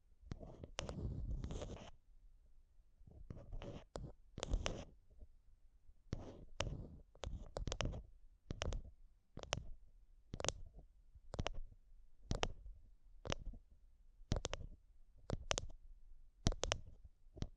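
Mic tapping and scratching: a dense scratchy burst first, then sharp taps arriving roughly every second with dull low thumps beneath.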